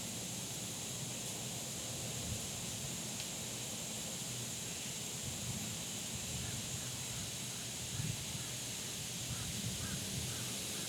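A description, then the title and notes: Insects drone steadily through the whole clip, a thin high buzz that never lets up. Beneath it sits a dense, even outdoor wash with a low rumble, like traffic, and a few faint murmurs rising briefly near the eighth second. Recorded on a fall day that felt more like late summer, down to the insects droning like the heat.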